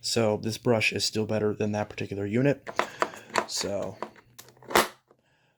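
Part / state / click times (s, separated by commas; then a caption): dusting brush tool into vacuum tool holder / seated / 4.8 s. Someone talks, then a plastic dusting brush tool is pushed back onto its onboard holder on a Bissell PowerLifter/CleanView Bagged Pet (2019) upright vacuum. A few small clicks lead up to a loud, sharp snap at 4.8 s as the brush seats firmly in the holder.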